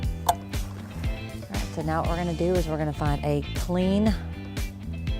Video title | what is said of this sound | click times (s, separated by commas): 2016 Ford Focus Wiring Harness Installation | Plug in until you hear the clip. | 0.3 s